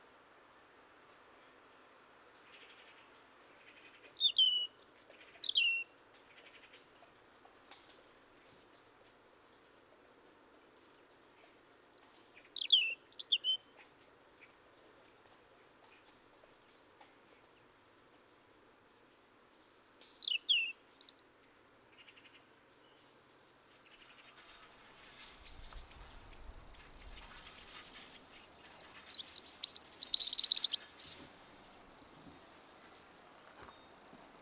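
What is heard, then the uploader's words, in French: A European robin sings short, high, thin phrases at regular intervals, around 5, 12, 20 and 30 seconds, with silence between them. From about 24 seconds a steady high hiss, like insects, joins in, and the last phrase sounds slightly louder. Rouge-gorge familier d'automne - Sonothèque naturophonia oiseaux. Le Rouge-gorge (Erithacus rubecula). Il se remet à chanter actuellement avec l'apport de migrateurs nordiques.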